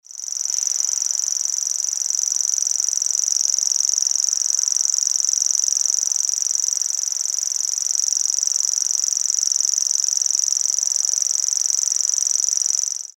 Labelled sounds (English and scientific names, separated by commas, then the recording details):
Common Grasshopper Warbler (Locustella naevia)
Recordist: Frommolt, Karl-Heinz
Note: Gesang